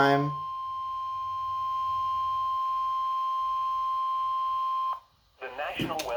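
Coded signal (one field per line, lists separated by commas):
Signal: Emergency Alert System (SAME) tones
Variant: 1050 Hz attention tone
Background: speech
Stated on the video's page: Severe thunderstorm watch issued by the Storm Prediction Center, relayed by a NOAA Weather Radio station.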